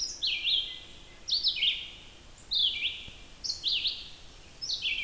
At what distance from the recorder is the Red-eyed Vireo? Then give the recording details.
about 10 m. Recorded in boreal forest in Alberta, Canada, on 14 June 2016 at 06:37. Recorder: SongMeter 3, array SBT-3-33. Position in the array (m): 154 m, 183 m